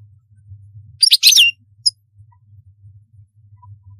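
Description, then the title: European goldfinch giving one brief bright twittering burst and a single extra note, otherwise quiet apart from a constant low hum. "Chant Chardonneret"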